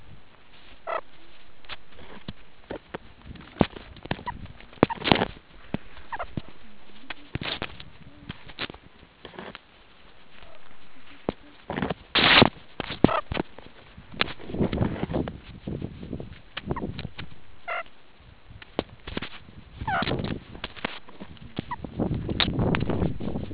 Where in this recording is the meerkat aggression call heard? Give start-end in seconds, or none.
none